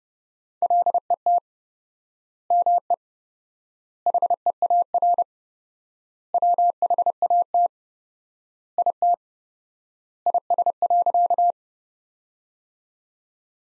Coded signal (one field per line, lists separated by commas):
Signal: Morse code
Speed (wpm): 30 wpm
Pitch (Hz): 700 Hz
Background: none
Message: LET ME HEAR WHAT IT IS.